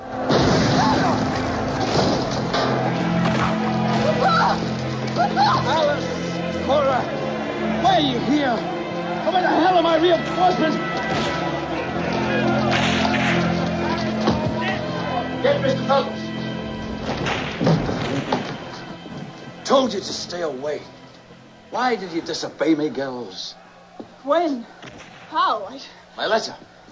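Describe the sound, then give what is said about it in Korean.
Repeated heavy cannon blasts from powerful French army cannons bombard Fort William Henry without pause, booming through a dense, rumbling din with shouting voices mixed in; the barrage thins out toward the end into scattered thuds. “프랑스군의 강력한 대포가 쉴 새 없이 요새를 공격합니다.”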